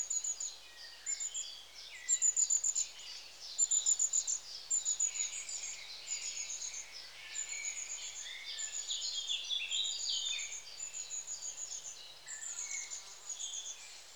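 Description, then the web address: Long-tailed tits calling, with repeated bursts of thin, high-pitched tsee notes in quick runs, mixed with lower sputtering, rolling trills. "The BBC Sound Effects Library. Long Tailed TIT"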